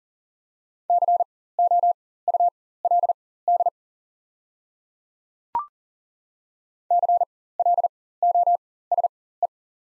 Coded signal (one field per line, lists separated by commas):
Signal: Morse code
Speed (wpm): 40 wpm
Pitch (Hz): 700 Hz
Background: none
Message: COULD CLOSE